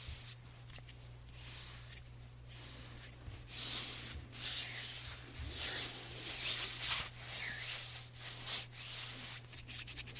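Hand sounds and hand movement: soft, hissy rubbing swells in long strokes, quieter for the first four seconds and fuller afterward, broken by brief pauses roughly every second or two. A steady low hum sits underneath throughout.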